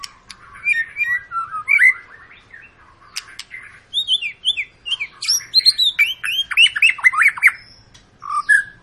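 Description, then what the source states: White-rumped shama singing a varied, rich stream of whistled slurs, clicks and rapid falling notes, busiest in the second half. Long lure song of an actively singing (gacor) bird, used to make birds sing.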